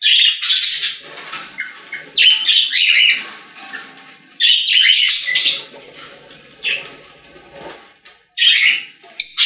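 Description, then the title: Budgerigar chatter, repeated bursts of harsh squawky warbles with chirps, rising and falling in loudness throughout. "Budgie Sounds"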